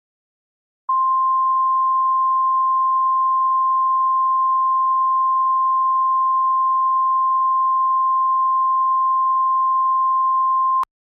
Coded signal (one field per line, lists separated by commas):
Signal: Emergency Alert System (SAME) tones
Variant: 1050 Hz attention tone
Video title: EAS Flash Flood Warning (Boyd, KY, Carter, KY, Greenup, KY, and OH Counties)